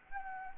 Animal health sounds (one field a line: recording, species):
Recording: mosquito wingbeat signal from an infrared sensor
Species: Anopheles gambiae